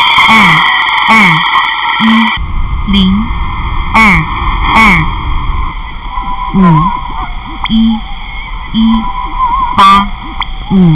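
Shortwave radio hiss with steady whistling tones held throughout, overlaid by short gliding chirps that repeat about once a second. The chirps come in quick pairs early on, then more loosely spaced, some sweeping down sharply, while a low rumble underlies everything.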